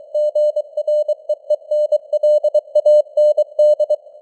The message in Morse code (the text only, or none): GREENLAND